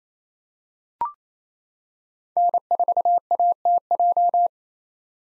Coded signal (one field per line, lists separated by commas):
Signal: Morse code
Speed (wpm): 28 wpm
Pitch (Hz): 700 Hz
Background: none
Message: N4ATJ